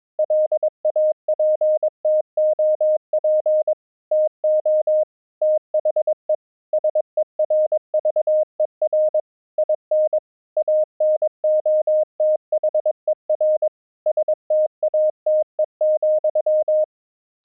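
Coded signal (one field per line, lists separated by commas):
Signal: Morse code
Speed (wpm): 22 wpm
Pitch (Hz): 620 Hz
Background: none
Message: LAPTOP TO THE SERVER IN ANOTHER STATE,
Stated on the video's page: Morse used as a test signal, streamed between two locations over a low-latency MP3 audio link.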